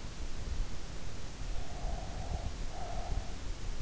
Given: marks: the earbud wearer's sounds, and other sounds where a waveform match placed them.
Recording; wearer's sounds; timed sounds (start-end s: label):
sounds in sleep by an in-ear microphone; breath
1.56-3.63 s: breath